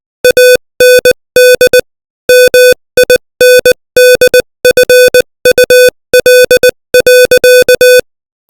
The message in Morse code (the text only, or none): AND MINDFUL.